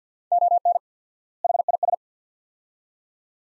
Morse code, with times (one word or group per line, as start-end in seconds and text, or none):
0.3-0.8 ON
1.4-1.9 HIS